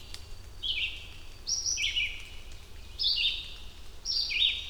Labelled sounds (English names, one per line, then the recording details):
Red-eyed Vireo song
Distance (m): 5 m
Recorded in boreal forest in Alberta, Canada, on 2 June 2016 at 07:55
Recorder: SongMeter 3, array SBT-3-7
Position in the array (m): 81 m, 141 m